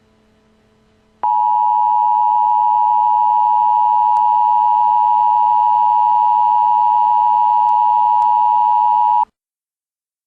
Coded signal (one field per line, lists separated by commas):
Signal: Emergency Alert System (SAME) tones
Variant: 853 and 960 Hz attention tone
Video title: EAS: Tornado Warning for Wisconsin